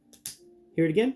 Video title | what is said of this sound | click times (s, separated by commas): Seige/Earthrise Astrotrain: With Triple Changing Action!: WfC: Blindformers 13 Action | you'll hear that kind of weird snap | 0.3 s